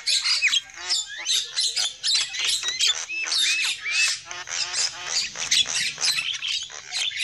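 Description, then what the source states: Lovebirds chatter in harsh, rapid squeaks, with upward-sweeping notes and dense twittering throughout. Lure call used for trapping lovebirds.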